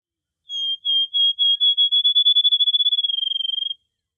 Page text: Prairie Field Sparrow. Quick Sounds library